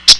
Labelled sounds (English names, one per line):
Common Yellowthroat flight call